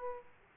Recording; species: mosquito wingbeat signal from an infrared sensor; Aedes aegypti